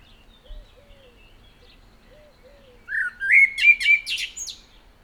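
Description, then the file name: Common blackbird song phrase, a rich fluted warble rising into a squeaky, high twitter near the end, with a few faint low notes heard earlier. "Turdus merula"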